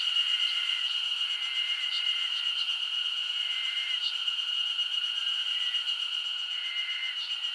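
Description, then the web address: Insects in a dense chorus: a steady, high-pitched continuous drone, with brief lower tonal notes drifting in and out and faint pulsed ticks above. Japanese summer insect ambience. "Sound Effects-Foundation 1 AMBIENCE JAPANESE SUMMER INSECTS"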